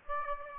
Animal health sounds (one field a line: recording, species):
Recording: mosquito wingbeat signal from an infrared sensor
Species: Aedes aegypti